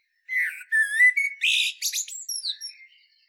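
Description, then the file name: Common blackbird song: a short mellow whistled phrase, wavering and rising, followed at once by a squeaky high twittering flourish. "Turdus merula"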